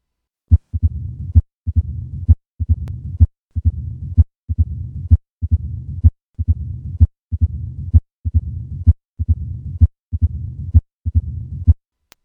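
Regular low-pitched heart sounds at about 65 beats a minute. Each beat has a sharp snapping sound followed by a long, low rumbling murmur filling diastole. This is the diastolic rumble of mitral stenosis, a narrowed mitral valve, most often from chronic rheumatic valvular disease after acute rheumatic fever.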